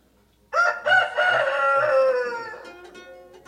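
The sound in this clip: Rooster crowing: one long harmonic crow that starts with a few stuttered notes, holds steady, then slides down and fades over about two seconds.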